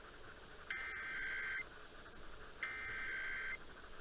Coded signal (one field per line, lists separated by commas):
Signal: Emergency Alert System (SAME) tones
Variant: header bursts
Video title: Required Weekly Test - EAS #7